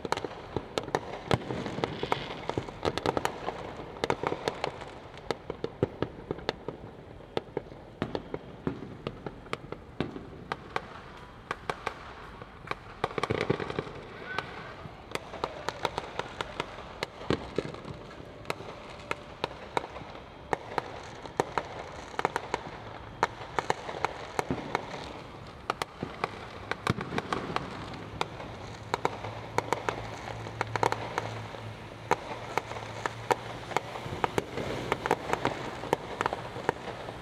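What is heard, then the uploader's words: Competing fireworks crackle and pop almost without pause in Hamilton Heights, Harlem, New York City, sharp bangs stacking into dense, irregular bursts. Louder booms stand out around thirteen and seventeen seconds, and a low steady hum runs underneath near the end. Competing fireworks, Hamilton Heights, Harlem, New York City, USA. Every 4th of July in my neighborhood, there is an hours-long competition to see which corner can launch the most illegal fireworks.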